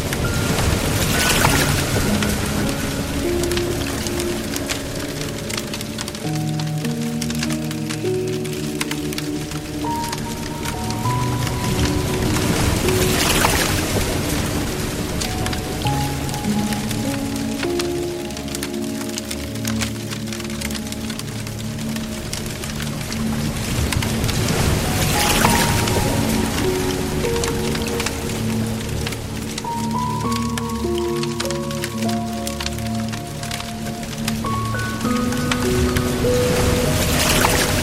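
Slow, gentle piano notes drift up and down over a steady, dense hiss of flowing water, with soft swells around 13 and 25 seconds.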